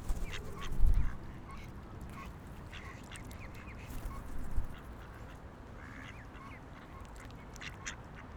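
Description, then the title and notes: Ducks giving scattered short calls over a low rumble, with a louder thump near the first second. Ducks on a lake in a park in Vienna, being given food. "Patos Viena. Este es el momento en el cual en un parque de Viena damos comida a unos patos que encontramos en un lago"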